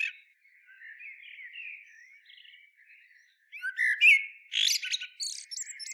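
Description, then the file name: Common blackbird song, a gentle low warble for about three seconds, then a loud scratchy twittering flourish of high notes. "Turdus merula"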